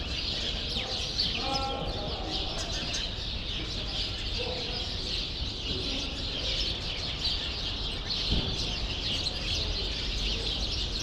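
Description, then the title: Sparrows chattering in a steady mass of high chirps, with a few brief lower tonal sounds and constant low rumble beneath. Sparrows in a grove in Brussels, Belgium; recorded with AB-spaced stereo microphones into a portable field recorder. "Rue Saint-Jean Népomucène 13, 1000 Bruxelles, Belgique - Sparrows - Moineaux"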